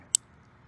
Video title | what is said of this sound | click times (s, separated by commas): This Climbing Tool Made Climbing a Lot EASIER! ISC UltraLink (SAFETY ALERT READ DESCRIPTION) | and now it's locked into place now that'll be your choke and this is perfectly fine to use this way so | 0.1 s